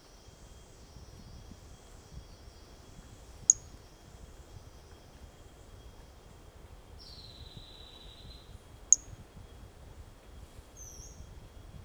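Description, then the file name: Pumpkin toadlet call: two sharp, very high clicking notes about five seconds apart over a steady hiss, with faint thin whistles from other creatures in the background. Individual 05 recorded 18 January 2018; first note of the call missing; animal not collected. "Brachycephalus mirissimus 18 jan 2018 individual 05 ex 01 fist note missing L F Ribeiro not collected"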